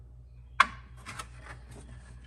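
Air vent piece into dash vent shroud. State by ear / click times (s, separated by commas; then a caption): seated / 0.6 s. An air vent piece is pushed into the interior vent shroud of a 1949 Chevy truck's Vintage Air A/C install, and it snaps in with a sharp, bright click at 0.6 s. A fainter tap follows at about 1.2 s over a steady low hum, and the vent piece is seated in the shroud.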